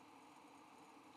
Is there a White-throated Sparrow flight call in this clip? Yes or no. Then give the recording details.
no. No flight call is heard. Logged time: 04:40 on 5 December 2014